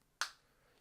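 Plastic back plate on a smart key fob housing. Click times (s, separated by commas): 0.2 s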